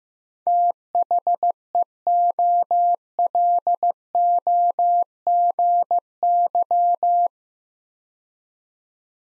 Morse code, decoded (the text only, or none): THEOLOGY